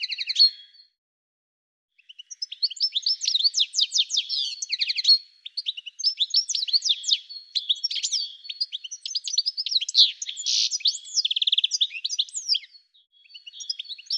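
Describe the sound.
Bird song: a short opening phrase and a brief silence, then a long stream of high, rapid chirps, twitters and trills with only brief pauses.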